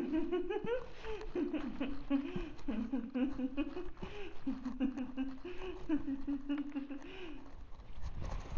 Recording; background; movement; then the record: laughter; quiet; walking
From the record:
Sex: female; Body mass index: 36.4 kg/m2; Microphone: on the chest, facing outward